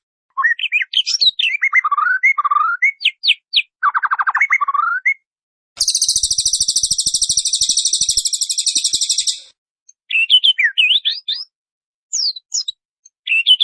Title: Murai Batu Siang Malam. Murai Batu Juara Siang Malam